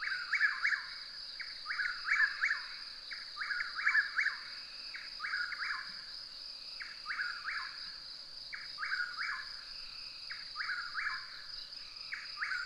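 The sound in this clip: Bird uttering bursts of short, downward-slurred chirps, louder at first, then softer groups spaced irregularly, over a steady high-pitched drone.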